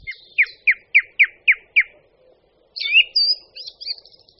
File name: Drozd-zpěvný